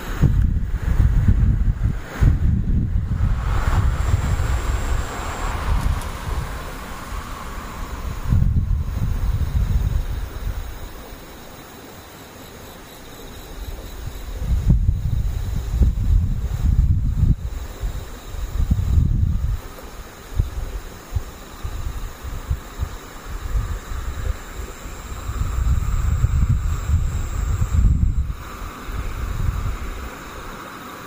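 Faint, steady high-pitched insect and cicada buzzing runs through the whole recording, with a thin, brighter whine near 5 and 27 seconds. Repeated low, rumbling wind gusts come and go every few seconds, strongest around the start, 8–10, 15–19 and 25–28 seconds.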